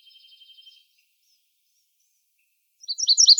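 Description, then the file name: Virginia's warbler song: a quick, even trill of high notes, a pause, then a short burst of louder, sharper high notes. Arizona, 30 April 2005. "AZFO VIWA deviche 043005"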